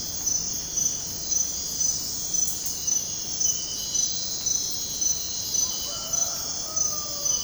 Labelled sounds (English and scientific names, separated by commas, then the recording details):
none
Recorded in dense forest near Puerto Asís, Putumayo, Colombia, on 21 February 2024 at 05:30
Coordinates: 0.503, -76.322
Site G6418